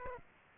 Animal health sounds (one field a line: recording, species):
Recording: mosquito wingbeat signal from an infrared sensor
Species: Aedes aegypti